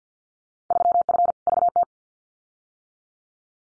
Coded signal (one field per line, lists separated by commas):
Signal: Morse code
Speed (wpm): 50 wpm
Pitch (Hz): 700 Hz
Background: none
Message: 3F VT